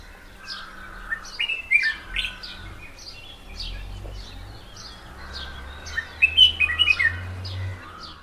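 Red-whiskered bulbul makes whistled, tumbling notes early and again late, with scattered high chirps and a low rumble.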